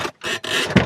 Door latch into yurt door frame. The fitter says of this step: just push it to until it clicks right you won't be able to